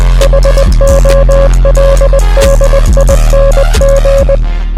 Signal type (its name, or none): Morse code